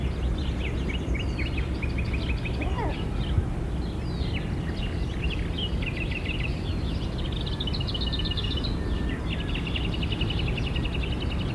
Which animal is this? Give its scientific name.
Lynx canadensis